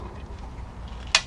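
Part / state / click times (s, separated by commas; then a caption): flywheel bolt into engine crankshaft, tightened with a torque wrench / torque reached / 1.2 s. A flywheel bolt is tightened into an engine crankshaft with a 1/4-inch torque wrench set to 20 Nm, with the engine held by hand so it doesn't turn. Low background noise runs under the tightening until a single sharp, loud click of the wrench at 1.2 s. The bolt reaches its set torque and the tightening is done.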